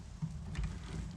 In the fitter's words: and you see it into the end it just snaps right in